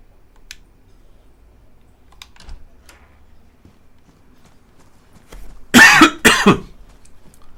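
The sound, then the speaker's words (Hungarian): A person coughs twice in quick succession on behalf of a video game character, two loud, harsh bursts after several seconds of near silence broken only by faint clicks and taps. “Na, köhögök én a karakter helyett.”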